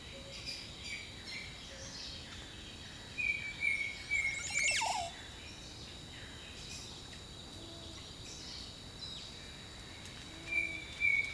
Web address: Echoes of Nature - Jungle Talk 01 Jungle Birdsong